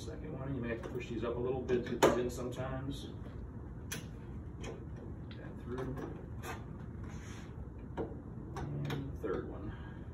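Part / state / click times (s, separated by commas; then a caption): beater pin into its groove on the beater assembly / not seated / none. Beater assembly parts are handled and pushed into place inside the freezer barrel of a Taylor C712 soft serve machine, working the beater pin toward the groove that locks it so it can't slide out while the machine is running. Someone talks throughout, with several short sharp knocks and handling noises along the way. Nothing has seated or clicked yet.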